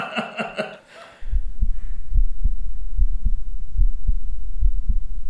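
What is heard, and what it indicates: After a brief spoken word, regular paired low thumps of an adult cardiologist's own heart follow through a steady stethoscope hum, with no added whooshing between them. Only the two normal heart sounds are heard, the first and second tones of a healthy heart.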